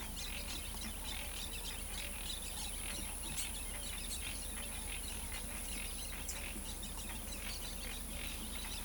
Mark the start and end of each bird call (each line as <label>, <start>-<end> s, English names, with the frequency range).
American Purple Gallinule (1.8-9.1 kHz), 0.00-8.85 s